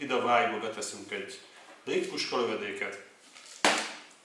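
Someone talks while an air pellet is placed in the loading trough of a Kandar CP1 CO2 air pistol, made in China, before its rotary-sliding bolt is closed. A single sharp sound stands out near 3.6 s, and the bolt has not yet closed or seated by the end of the clip.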